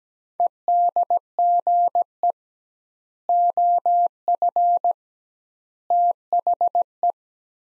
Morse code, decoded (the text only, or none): EDGE OF THE